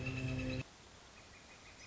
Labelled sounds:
Northern Flicker (Colaptes auratus)
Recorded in Sonoma County, California

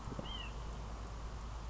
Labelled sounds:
White-breasted Nuthatch (Sitta carolinensis)
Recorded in Sonoma County, California

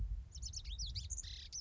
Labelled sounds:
Lazuli Bunting (Passerina amoena)
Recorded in Sonoma County, California

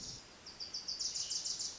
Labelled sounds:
Wilson's Warbler (Cardellina pusilla)
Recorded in Sonoma County, California

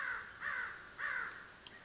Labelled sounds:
American Crow (Corvus brachyrhynchos)
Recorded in Sonoma County, California

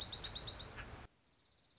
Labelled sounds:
Dark-eyed Junco (Junco hyemalis)
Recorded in Sonoma County, California

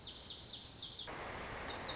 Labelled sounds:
Lazuli Bunting (Passerina amoena)
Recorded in Sonoma County, California

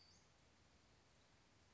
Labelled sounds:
Western Flycatcher (Empidonax difficilis)
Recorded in Sonoma County, California

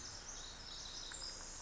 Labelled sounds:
Pacific Wren (Troglodytes pacificus)
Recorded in Sonoma County, California

